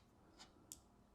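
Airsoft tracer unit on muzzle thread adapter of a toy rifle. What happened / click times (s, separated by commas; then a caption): The locking pin clicked into place / 0.7 s. An ACETECH Blaster AK Alpha airsoft tracer unit is screwed onto a 14 mm counterclockwise thread adapter on the muzzle of a toy AK rifle. A faint brief sound is heard around 0.4 s, then a sharp single click at 0.7 s as the unit's spring pin locks it in place. The tracer unit is seated and locked.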